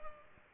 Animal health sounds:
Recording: mosquito wingbeat signal from an infrared sensor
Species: Culex pipiens

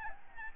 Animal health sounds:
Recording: mosquito wingbeat signal from an infrared sensor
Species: Aedes albopictus

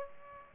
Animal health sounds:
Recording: mosquito wingbeat signal from an infrared sensor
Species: Aedes aegypti

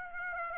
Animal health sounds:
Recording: mosquito wingbeat signal from an infrared sensor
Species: Aedes aegypti

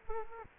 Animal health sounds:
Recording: mosquito wingbeat signal from an infrared sensor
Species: Culex quinquefasciatus

